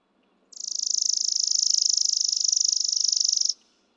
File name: Chipping Sparrow